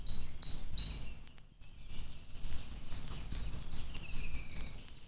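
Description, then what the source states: Great Tit song: clear high whistled notes repeated in a steady series, a short phrase, a pause, then a longer run of evenly spaced notes, over faint low rumble. Found everywhere: in forest, village, even in a city garden.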